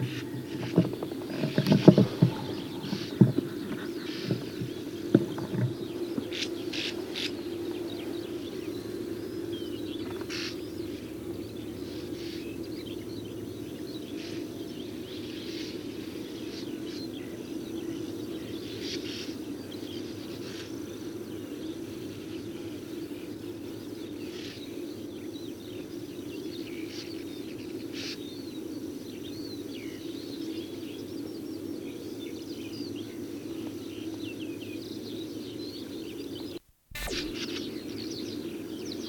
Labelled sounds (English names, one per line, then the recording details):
Sand Martin call
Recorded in the wild
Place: Schönfeld, Brandenburg, DE
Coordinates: 53.396, 14.006
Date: 1993-05-17
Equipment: Nagra III BH, Sennheiser MD 21, parabola
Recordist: Schubert, Michael